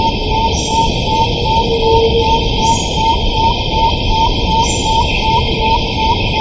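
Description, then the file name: Spotted Bamboowren calling, a steady, fast series of many short whistled notes, over constant low rumbling noise, with one brief lower whistle. Recorded on 25 May 2012. "Psilorhampus-guttatus 2012-05-25. Jorge La Grotteria"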